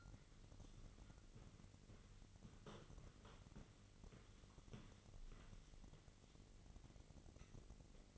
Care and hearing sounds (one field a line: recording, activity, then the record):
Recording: daily activity, microphone in the room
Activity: walk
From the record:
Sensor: 4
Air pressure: 1002.4 hPa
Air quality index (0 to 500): 215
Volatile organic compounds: 12 ppm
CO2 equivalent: 2330 ppm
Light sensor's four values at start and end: 20/71/26/26 and 20/71/26/26